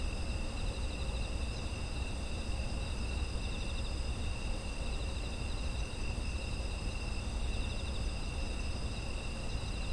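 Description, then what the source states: Insect chorus of unbroken shrill trills layered at several pitches, some faintly pulsing, with a steady low background hum. Autumn insect ambience.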